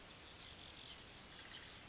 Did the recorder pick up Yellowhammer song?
no